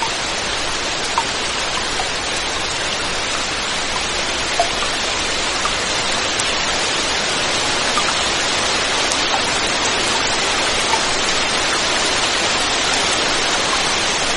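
Rain falls in a steady, dense hiss that stays even from start to finish, brightest in the upper range with little low rumble. Tiny ticks of individual drops surface now and then, but the wash never swells or fades.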